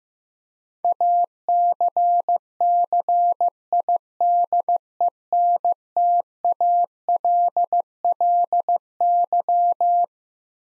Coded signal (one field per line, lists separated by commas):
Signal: Morse code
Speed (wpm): 16 wpm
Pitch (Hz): 700 Hz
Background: none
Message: ACCIDENTALLY